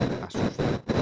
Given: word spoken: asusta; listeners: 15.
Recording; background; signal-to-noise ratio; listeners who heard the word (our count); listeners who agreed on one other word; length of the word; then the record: one Spanish word in noise, from a listening test; noise modulated by one talker; -12.5 dB; 5 of 15; 6 of 15; 0.62 s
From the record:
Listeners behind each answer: 6, 5, 3, 1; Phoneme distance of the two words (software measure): 7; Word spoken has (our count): 3 syllables, 6 phonemes, stress on syllable 2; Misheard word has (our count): 3 syllables, 7 phonemes, stress on syllable 3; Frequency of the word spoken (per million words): 4.89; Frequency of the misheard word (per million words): 2.45